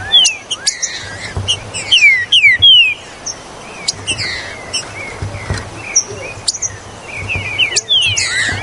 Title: Trinca Ferro Ao Maximo Trinca Ferro